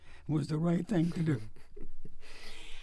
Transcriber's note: laughs